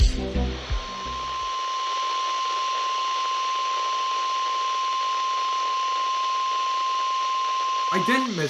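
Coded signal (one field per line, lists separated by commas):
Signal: Emergency Alert System (SAME) tones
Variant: 1050 Hz attention tone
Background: speech, music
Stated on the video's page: Winter weather alerts received from NOAA Weather Radio stations KZZ65 and WXJ71.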